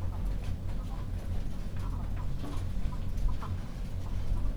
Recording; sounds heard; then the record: poultry house recording; sick chickens (respiratory disease)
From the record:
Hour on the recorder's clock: 22